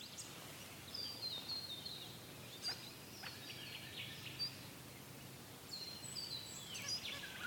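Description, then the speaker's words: Regent honeyeater calls: thin, high metallic whistles and short ringing notes scattered throughout, with a soft steady background hiss. Critically endangered, endemic to southeastern Australia, about 300 left in the wild; breeding areas Bundarra-Barraba and Capertree Valley, affected by the 2019-2020 Australian bushfires. "And hear the sound of the regent honeyeater."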